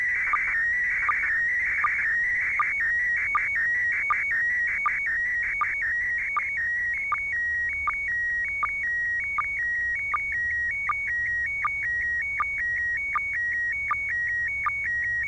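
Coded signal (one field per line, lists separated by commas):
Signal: SSTV (slow-scan television)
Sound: warbling, chirpy tone shifting in pitch, with a short low click about every three-quarters second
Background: radio static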